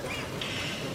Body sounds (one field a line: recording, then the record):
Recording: coughing mixed with background sound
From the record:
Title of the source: Dry Afternoon Cough